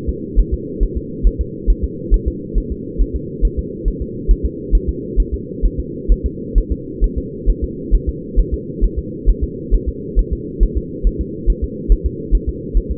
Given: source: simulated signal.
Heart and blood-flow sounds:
fetal heart sounds
0.09 s: S2
0.39 s: S1
0.54 s: S2
0.83 s: S1
0.97 s: S2
1.27 s: S1
1.41 s: S2
1.70 s: S1
1.84 s: S2
2.14 s: S1
2.28 s: S2
2.58 s: S1
2.72 s: S2
3.01 s: S1
3.16 s: S2
3.45 s: S1
3.59 s: S2
3.88 s: S1
4.02 s: S2
4.31 s: S1
4.46 s: S2
4.75 s: S1
4.89 s: S2
5.20 s: S1
5.34 s: S2
5.65 s: S1
5.80 s: S2
6.12 s: S1
6.26 s: S2
6.58 s: S1
6.72 s: S2
7.04 s: S1
7.18 s: S2
7.50 s: S1
7.64 s: S2
7.95 s: S1
8.09 s: S2
8.39 s: S1
8.54 s: S2
8.84 s: S1
8.98 s: S2
9.29 s: S1
9.44 s: S2
9.74 s: S1
9.89 s: S2
10.19 s: S1
10.33 s: S2
10.63 s: S1
10.77 s: S2
11.07 s: S1
11.21 s: S2
11.50 s: S1
11.64 s: S2
11.92 s: S1
12.06 s: S2
12.35 s: S1
12.49 s: S2
12.77 s: S1
12.92 s: S2
From the record:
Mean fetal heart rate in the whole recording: 135 bpm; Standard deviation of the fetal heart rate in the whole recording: 3 bpm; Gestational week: 36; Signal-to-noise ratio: -4.1 dB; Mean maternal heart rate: no maternal heart sound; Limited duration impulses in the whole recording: absent

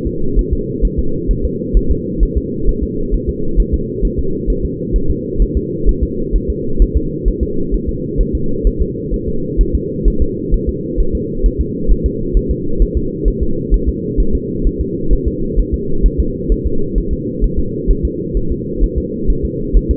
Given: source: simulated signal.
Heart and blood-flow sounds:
fetal heart sounds
0.07 s: S2
0.39 s: S1
0.53 s: S2
0.85 s: S1
0.99 s: S2
1.31 s: S1
1.45 s: S2
1.77 s: S1
1.91 s: S2
2.23 s: S1
2.37 s: S2
2.69 s: S1
2.83 s: S2
3.14 s: S1
3.29 s: S2
3.60 s: S1
3.74 s: S2
4.05 s: S1
4.19 s: S2
4.50 s: S1
4.65 s: S2
4.96 s: S1
5.10 s: S2
5.42 s: S1
5.57 s: S2
5.89 s: S1
6.03 s: S2
6.36 s: S1
6.50 s: S2
6.82 s: S1
6.97 s: S2
7.28 s: S1
7.43 s: S2
7.74 s: S1
7.89 s: S2
8.20 s: S1
8.35 s: S2
8.67 s: S1
8.81 s: S2
9.14 s: S1
9.28 s: S2
9.61 s: S1
9.75 s: S2
10.08 s: S1
10.22 s: S2
10.54 s: S1
10.69 s: S2
11.00 s: S1
11.15 s: S2
11.46 s: S1
11.61 s: S2
11.91 s: S1
12.06 s: S2
12.37 s: S1
12.51 s: S2
12.82 s: S1
12.97 s: S2
13.28 s: S1
13.43 s: S2
13.74 s: S1
13.88 s: S2
14.20 s: S1
14.35 s: S2
14.67 s: S1
14.81 s: S2
15.13 s: S1
15.28 s: S2
15.59 s: S1
15.74 s: S2
16.06 s: S1
16.20 s: S2
16.52 s: S1
16.66 s: S2
16.98 s: S1
17.13 s: S2
17.44 s: S1
17.59 s: S2
17.91 s: S1
18.05 s: S2
18.37 s: S1
18.51 s: S2
18.84 s: S1
18.98 s: S2
19.30 s: S1
19.45 s: S2
19.77 s: S1
19.91 s: S2
From the record:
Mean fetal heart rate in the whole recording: 130 bpm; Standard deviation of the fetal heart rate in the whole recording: 2 bpm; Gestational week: 36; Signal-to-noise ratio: -8.1 dB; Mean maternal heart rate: 72 bpm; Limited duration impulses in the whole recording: absent

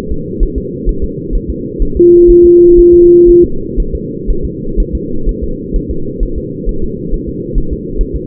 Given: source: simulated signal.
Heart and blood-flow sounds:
fetal heart sounds
0.12 s: S2
0.43 s: S1
0.58 s: S2
0.89 s: S1
1.04 s: S2
1.35 s: S1
1.50 s: S2
1.82 s: S1
1.97 s: S2
2.30 s: S1
2.45 s: S2
2.79 s: S1
2.94 s: S2
3.29 s: S1
3.44 s: S2
3.80 s: S1
3.95 s: S2
4.30 s: S1
4.45 s: S2
4.80 s: S1
4.95 s: S2
5.29 s: S1
5.44 s: S2
5.76 s: S1
5.91 s: S2
6.23 s: S1
6.38 s: S2
6.69 s: S1
6.84 s: S2
7.14 s: S1
7.29 s: S2
7.58 s: S1
7.73 s: S2
8.01 s: S1
8.16 s: S2
From the record:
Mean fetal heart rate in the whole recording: 130 bpm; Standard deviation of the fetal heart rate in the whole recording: 4 bpm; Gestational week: 38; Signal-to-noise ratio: -8.1 dB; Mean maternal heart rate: 72 bpm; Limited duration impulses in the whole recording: present

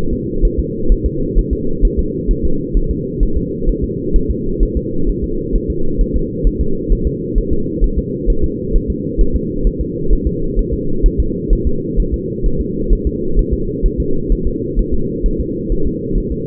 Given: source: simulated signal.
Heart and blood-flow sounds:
fetal heart sounds
0.13 s: S2
0.45 s: S1
0.59 s: S2
0.92 s: S1
1.06 s: S2
1.38 s: S1
1.53 s: S2
1.85 s: S1
1.99 s: S2
2.31 s: S1
2.45 s: S2
2.77 s: S1
2.91 s: S2
3.23 s: S1
3.37 s: S2
3.69 s: S1
3.84 s: S2
4.16 s: S1
4.30 s: S2
4.63 s: S1
4.77 s: S2
5.09 s: S1
5.24 s: S2
5.55 s: S1
5.70 s: S2
6.01 s: S1
6.16 s: S2
6.47 s: S1
6.61 s: S2
6.92 s: S1
7.07 s: S2
7.38 s: S1
7.53 s: S2
7.84 s: S1
7.98 s: S2
8.30 s: S1
8.44 s: S2
8.76 s: S1
8.90 s: S2
9.21 s: S1
9.36 s: S2
9.67 s: S1
9.81 s: S2
10.13 s: S1
10.27 s: S2
10.59 s: S1
10.74 s: S2
11.06 s: S1
11.20 s: S2
11.53 s: S1
11.67 s: S2
12.00 s: S1
12.14 s: S2
12.46 s: S1
12.61 s: S2
12.93 s: S1
13.07 s: S2
13.39 s: S1
13.53 s: S2
13.86 s: S1
14.00 s: S2
14.32 s: S1
14.47 s: S2
14.79 s: S1
14.94 s: S2
15.26 s: S1
15.40 s: S2
15.72 s: S1
15.87 s: S2
16.18 s: S1
16.32 s: S2
From the record:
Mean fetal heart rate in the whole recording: 130 bpm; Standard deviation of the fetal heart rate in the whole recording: 2 bpm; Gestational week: 38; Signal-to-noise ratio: -8.1 dB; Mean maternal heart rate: 72 bpm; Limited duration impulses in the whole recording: absent

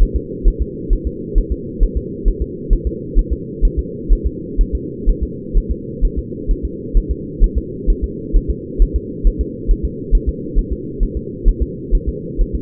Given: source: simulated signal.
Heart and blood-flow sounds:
fetal heart sounds
0.02 s: S1
0.16 s: S2
0.48 s: S1
0.62 s: S2
0.93 s: S1
1.07 s: S2
1.38 s: S1
1.52 s: S2
1.83 s: S1
1.97 s: S2
2.28 s: S1
2.42 s: S2
2.73 s: S1
2.87 s: S2
3.19 s: S1
3.33 s: S2
3.65 s: S1
3.79 s: S2
4.13 s: S1
4.27 s: S2
4.61 s: S1
4.75 s: S2
5.09 s: S1
5.23 s: S2
5.58 s: S1
5.71 s: S2
6.05 s: S1
6.19 s: S2
6.51 s: S1
6.65 s: S2
6.97 s: S1
7.11 s: S2
7.44 s: S1
7.58 s: S2
7.90 s: S1
8.04 s: S2
8.37 s: S1
8.50 s: S2
8.82 s: S1
8.96 s: S2
9.27 s: S1
9.41 s: S2
9.71 s: S1
9.85 s: S2
10.15 s: S1
10.29 s: S2
10.59 s: S1
10.73 s: S2
11.03 s: S1
11.17 s: S2
11.49 s: S1
11.62 s: S2
11.95 s: S1
12.09 s: S2
12.41 s: S1
12.55 s: S2
From the record:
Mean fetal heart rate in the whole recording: 130 bpm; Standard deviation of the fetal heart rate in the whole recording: 4 bpm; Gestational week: 38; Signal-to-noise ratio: -4.1 dB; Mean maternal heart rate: no maternal heart sound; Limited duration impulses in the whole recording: absent

